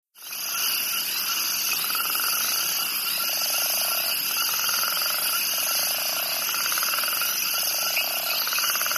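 Crickets in a dense, steady high-pitched chorus of continuous trilling, with lower pulsed trills repeating from about three seconds on.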